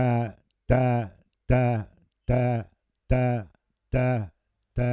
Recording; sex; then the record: repeated syllable /ta/; male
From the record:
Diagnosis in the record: Parkinson's disease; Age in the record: 70 years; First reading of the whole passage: 65 s, 7.9 characters per second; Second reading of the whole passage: 60 s, 8.6 characters per second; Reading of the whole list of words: 48 s, 5.8 characters per second